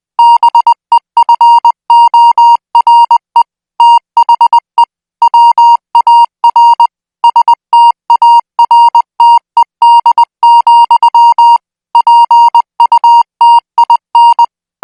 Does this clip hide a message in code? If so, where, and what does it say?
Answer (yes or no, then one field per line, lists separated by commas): yes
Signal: Morse code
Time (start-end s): 0.2-14.4 s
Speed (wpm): 20 wpm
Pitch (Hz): 940 Hz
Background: music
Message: BEFORE THE WAR STARTED, PUTIN